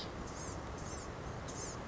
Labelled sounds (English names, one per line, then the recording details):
Blue-gray Gnatcatcher
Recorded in Sonoma County, California